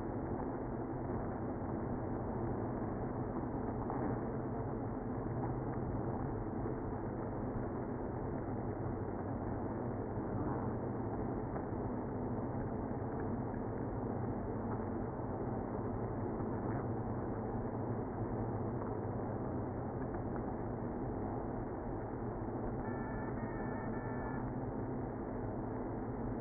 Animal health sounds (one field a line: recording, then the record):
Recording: honeybee colony, microphone inside the hive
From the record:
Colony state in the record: queenless (queen removed)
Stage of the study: after two queens were removed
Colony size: about 60,000 bees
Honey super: yes